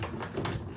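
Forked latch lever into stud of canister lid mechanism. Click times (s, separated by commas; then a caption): 0.0 s. With the knob held in place, the pocket of a Stealth 2 knob-style bear-proof can is dropped so the forked lever of its lid latch slides onto the stud. A sharp click sounds at 0.0 s, followed by a softer knock around 0.5 s. The lever is seated on the stud.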